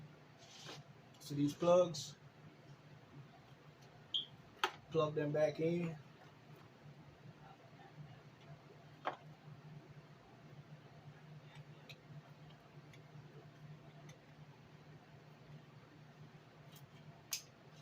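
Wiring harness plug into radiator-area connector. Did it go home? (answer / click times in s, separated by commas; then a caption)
yes / 9.1 s, 17.3 s. During a radiator reinstall on a 2003-2007 Honda Accord 2.4L, someone talks briefly, then wiring harness plugs are pushed back into the radiator-area connectors. Sharp plastic snaps at 9.1 s and 17.3 s mark each connector locking, so the plugs are seated.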